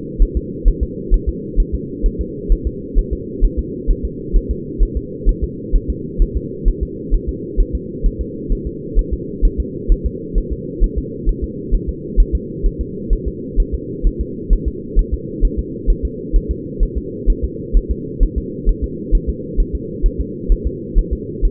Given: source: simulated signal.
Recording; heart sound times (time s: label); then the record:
fetal heart sounds
0.23 s: S1
0.37 s: S2
0.68 s: S1
0.83 s: S2
1.14 s: S1
1.29 s: S2
1.60 s: S1
1.75 s: S2
2.06 s: S1
2.21 s: S2
2.52 s: S1
2.67 s: S2
2.99 s: S1
3.13 s: S2
3.45 s: S1
3.59 s: S2
3.91 s: S1
4.05 s: S2
4.37 s: S1
4.51 s: S2
4.83 s: S1
4.97 s: S2
5.29 s: S1
5.44 s: S2
5.76 s: S1
5.90 s: S2
6.22 s: S1
6.37 s: S2
6.68 s: S1
6.83 s: S2
7.15 s: S1
7.29 s: S2
7.60 s: S1
7.75 s: S2
8.06 s: S1
8.21 s: S2
8.52 s: S1
8.67 s: S2
8.99 s: S1
9.13 s: S2
9.45 s: S1
9.60 s: S2
9.92 s: S1
10.06 s: S2
10.38 s: S1
10.53 s: S2
10.84 s: S1
10.98 s: S2
11.29 s: S1
11.44 s: S2
11.75 s: S1
11.89 s: S2
12.20 s: S1
12.35 s: S2
12.66 s: S1
12.81 s: S2
13.13 s: S1
13.28 s: S2
13.60 s: S1
13.75 s: S2
14.07 s: S1
14.21 s: S2
14.53 s: S1
14.68 s: S2
14.99 s: S1
15.14 s: S2
15.45 s: S1
15.59 s: S2
15.90 s: S1
16.05 s: S2
16.36 s: S1
16.51 s: S2
16.83 s: S1
16.98 s: S2
17.30 s: S1
17.44 s: S2
17.77 s: S1
17.91 s: S2
18.23 s: S1
18.38 s: S2
18.69 s: S1
18.84 s: S2
19.15 s: S1
19.29 s: S2
19.60 s: S1
19.75 s: S2
20.06 s: S1
20.21 s: S2
20.52 s: S1
20.67 s: S2
20.99 s: S1
21.13 s: S2
21.45 s: S1
From the record:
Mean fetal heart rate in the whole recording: 130 bpm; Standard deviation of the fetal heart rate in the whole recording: 2 bpm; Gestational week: 38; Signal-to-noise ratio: -4.1 dB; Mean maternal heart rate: no maternal heart sound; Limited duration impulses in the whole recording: absent